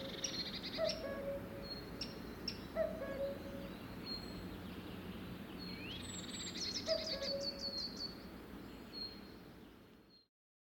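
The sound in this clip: Cuckoo sounding three spaced cu-coo calls, the second note lower, with brief high trills from other birds and steady low background noise.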